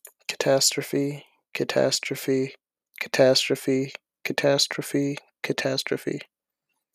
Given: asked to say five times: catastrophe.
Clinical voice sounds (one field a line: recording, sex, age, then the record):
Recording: repeated word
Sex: male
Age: 20 to 29 years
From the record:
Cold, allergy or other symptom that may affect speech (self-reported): no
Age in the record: 20 years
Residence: Rhode Island, United States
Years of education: 13